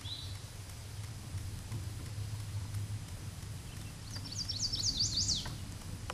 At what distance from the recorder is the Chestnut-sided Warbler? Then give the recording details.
about 10 m. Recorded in a Pennsylvania forest on 17 May 2023 at 13:46. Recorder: AudioMoth, point grid1_32_low. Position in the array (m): 90 m, 116 m